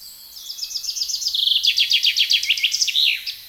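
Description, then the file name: Common chaffinch song: a quick high trill dropping into a louder series of repeated descending notes, finishing with a downward flourish. "Fringilla coelebs"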